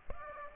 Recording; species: mosquito wingbeat signal from an infrared sensor; Aedes aegypti